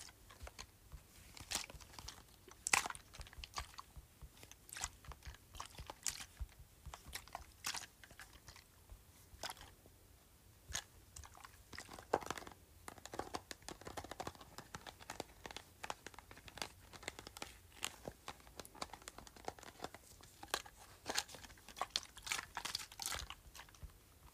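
A plastic bottle holding a little water is handled and shaken, giving quick irregular clicks, crinkles and sloshing taps scattered through all 24 seconds. The hits are sharp and bright, sometimes in dense bursts, over a faint low hum.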